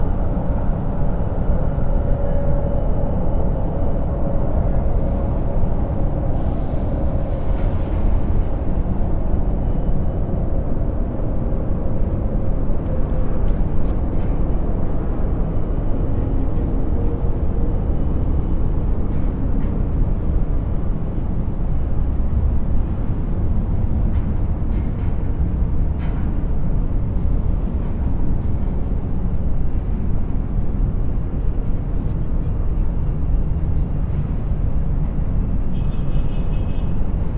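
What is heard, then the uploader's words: A steady city soundscape, a dense low rumble of traffic that holds at an even level throughout. Passing vehicles swell and fade now and then, with a brief brighter whoosh near seven seconds and faint scattered clicks and higher sounds over the distant drone. City Soundscape.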